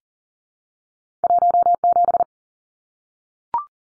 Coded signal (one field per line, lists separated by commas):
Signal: Morse code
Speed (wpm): 40 wpm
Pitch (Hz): 700 Hz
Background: none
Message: 17